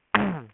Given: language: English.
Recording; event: throat vibration sensor signal played as sound; throat clearing